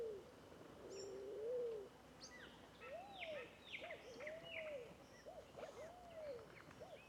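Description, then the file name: Scaled dove cooing, short hollow notes alternating with longer arched ones, beneath a busy scatter of high descending chirps from other birds. Several birds calling together in a bamboo grove; local name fogo-apagou. "Varios Passaros Fogo Apagou Juntos em Bambuzau"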